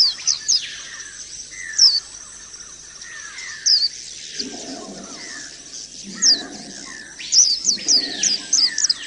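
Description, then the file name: White-eye song: bursts of very high, thin, rapidly sweeping twittered notes, with lower descending whistles and a softer chattering layer underneath. Audio therapy for caged white-eyes. "audio-terapi-pleci omkicau"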